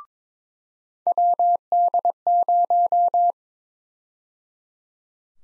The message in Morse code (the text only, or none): WD0